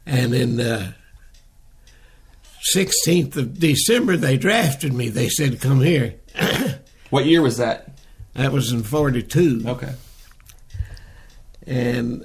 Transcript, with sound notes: and in…16th of December they drafted me, they said to come here (Clears throat)
What year was that?
That was in ’42.
Okay.
And